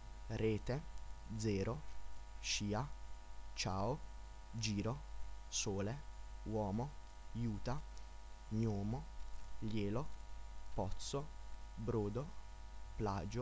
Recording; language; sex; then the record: read list of words; Italian; male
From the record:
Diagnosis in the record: healthy control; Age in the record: 19 years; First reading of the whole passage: 46 s, 11.4 characters per second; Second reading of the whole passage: 54 s, 9.6 characters per second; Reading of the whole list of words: 54 s, 5.2 characters per second